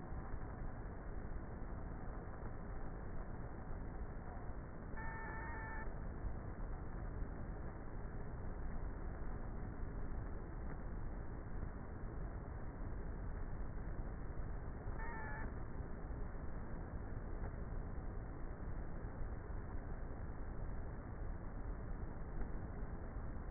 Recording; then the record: honeybee colony, microphone inside the hive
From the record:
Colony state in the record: queenless with a low population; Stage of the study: before two queens were removed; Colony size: about 30,000 bees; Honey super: no